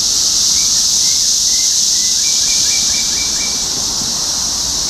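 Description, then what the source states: Cicada chorus forming an unbroken shrill buzz, while a quiet bird gives a short run of rapid chirps. Topeka, Kansas, 14 June 2015.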